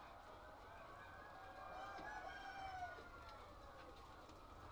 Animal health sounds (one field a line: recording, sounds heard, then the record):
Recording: poultry house recording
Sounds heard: healthy chickens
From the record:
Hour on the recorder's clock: 8